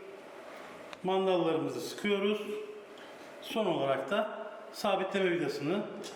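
An Akdaş AK-40GL 40 mm underbarrel grenade launcher is pushed downward onto a rifle during reassembly and seats into its rail mount with a single sharp hit at 0.9 seconds. Someone talks throughout the clip.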